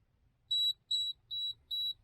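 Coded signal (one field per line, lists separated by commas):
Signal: beep code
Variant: FPV action camera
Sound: four short, evenly spaced, high-pitched electronic beeps in under two seconds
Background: quiet room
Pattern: 4 short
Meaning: Four beeps mean 2.5K resolution mode is selected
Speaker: long press it again, 4 beeps, which denotes 2.5K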